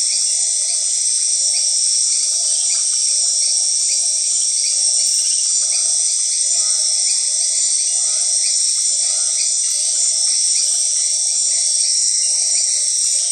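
Grasshoppers and crickets: orthopteran drone, constant and piercing, over faint chirps and three short low trills in the middle section.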